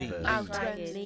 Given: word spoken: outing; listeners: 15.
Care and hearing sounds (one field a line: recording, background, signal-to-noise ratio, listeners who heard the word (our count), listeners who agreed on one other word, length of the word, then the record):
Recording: one English word in noise, from a listening test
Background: four-talker babble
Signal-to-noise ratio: 0.3 dB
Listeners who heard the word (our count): 1 of 15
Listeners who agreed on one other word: 11 of 15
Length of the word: 0.66 s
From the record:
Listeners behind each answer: 11, 1, 1, 1, 1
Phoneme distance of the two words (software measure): 17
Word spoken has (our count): 2 syllables, 4 phonemes, stress on syllable 1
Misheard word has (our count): 2 syllables, 3 phonemes, stress on syllable 1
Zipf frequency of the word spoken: 3.41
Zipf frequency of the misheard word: 4.01